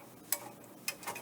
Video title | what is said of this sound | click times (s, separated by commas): ClearCom HME DX210 Wireless Intercom Wireless Card, Main Board, Front Bezel Panel Replacement Guide | did you see how it snapped in place | 0.3 s, 0.9 s